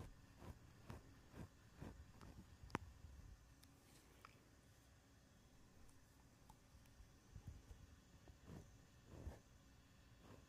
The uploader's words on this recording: ASMR mic touching // fuzzy cover, foam cover, bare mic //.